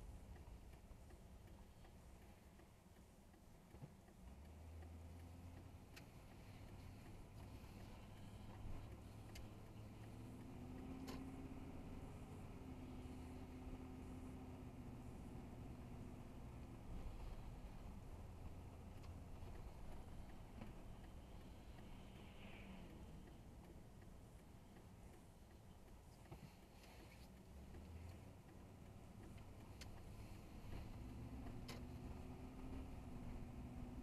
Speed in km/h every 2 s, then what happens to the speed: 0, 3, 13, 16, 23, 34, 35, 39, 39, 35, 27, 18, 13, 16, 21, 26, 34.
1-14 pulls away to 39. 14-23 slows to 13. 26-34 speeds up to 34.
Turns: 2-7, 23-28.